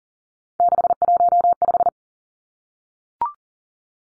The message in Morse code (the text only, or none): 615